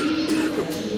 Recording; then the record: coughing mixed with background sound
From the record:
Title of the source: 60 coughing still (deep and wet cough)